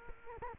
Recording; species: mosquito wingbeat signal from an infrared sensor; Culex quinquefasciatus